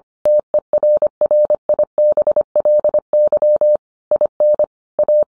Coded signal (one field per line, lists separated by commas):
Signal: Morse code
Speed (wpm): 25 wpm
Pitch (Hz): 600 Hz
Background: none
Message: TERRIBLY IN A